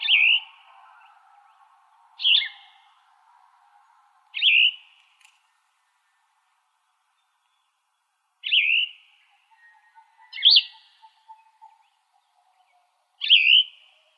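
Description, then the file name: Plumbeous vireo repeating short burry phrases at intervals of two to four seconds, six phrases in total, over a faint low hum early on and again midway. "PLVI 9 deviche"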